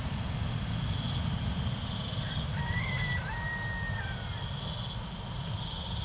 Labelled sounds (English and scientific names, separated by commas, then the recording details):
none
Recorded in pastures near Puerto Asís, Putumayo, Colombia, on 27 June 2025 at 04:30
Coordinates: 0.497, -76.327
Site G040